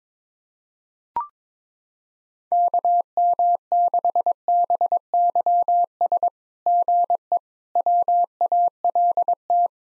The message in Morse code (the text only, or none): KM6BYS GE WALT